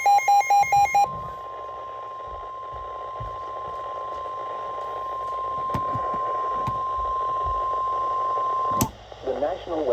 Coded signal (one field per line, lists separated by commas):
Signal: Emergency Alert System (SAME) tones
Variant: 1050 Hz attention tone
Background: speech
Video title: EAS #298 - Severe Thunderstorm Warning for Southern NJ